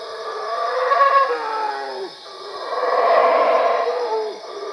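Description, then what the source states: Howler monkey roars in two hoarse surges, each tailing off in a downward groan, against a continuous high-pitched insect background. Labelled Cuevas.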